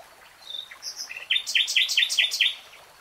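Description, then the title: Nightingale song: soft introductory notes followed by six or seven loud repeated chirps delivered quickly and evenly. Nightingale singing, real time. "[Tiếng chim hót] REALTIME Nightingale Singing"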